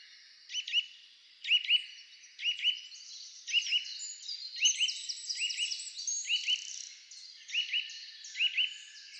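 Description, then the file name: Eurasian nuthatch calling in loud paired 'twit' notes, repeated roughly once a second, over a steady background chorus of thinner, higher bird twitters. "Sitta europaea"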